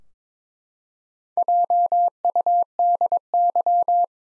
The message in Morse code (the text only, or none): JUDY